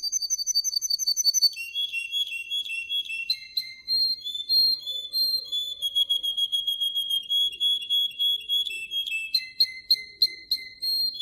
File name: suara kenari rusia